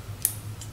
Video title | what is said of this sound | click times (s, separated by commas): ECUMaster EMU Wiring Basics | all you do is insert it in that slot hear the click when it goes in | 0.2 s